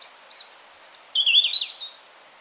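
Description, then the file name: European robin song with high clipped notes in quick succession, then a lower wavering warbled run that trails away. "Erithacus rubecula"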